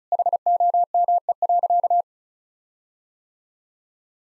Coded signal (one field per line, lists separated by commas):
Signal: Morse code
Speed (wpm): 36 wpm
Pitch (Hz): 700 Hz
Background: none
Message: HOME.